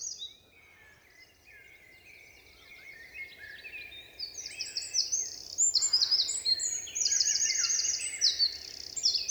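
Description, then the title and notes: Eurasian wren begins after quiet faint notes, launching into a powerful run of rapid high trills and piercing repeated notes, with low background noise throughout. Eurasian wren in forest at Val Maravel, 27 March 2020; vigorous, nervous song asserting its presence to potential rivals; recorded in stereo on Nagra Seven with MKH8040. "UN VENT DE TROGLODYTE. 27 mars 2020-Val Maravel - Nagra seven - stéréo - mkh8040 Un Troglodyte mignon (Troglodytes troglodytes) affirme par son chant vigoureux sa présence à tout concurrent potentiel.Chanteur de la forêt son chant nerveux est toujours impressionnant de puissance"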